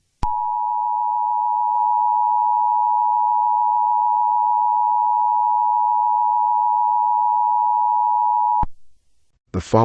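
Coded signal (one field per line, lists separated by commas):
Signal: Emergency Alert System (SAME) tones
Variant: 853 and 960 Hz attention tone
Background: speech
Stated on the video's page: Fictional EAS scenario.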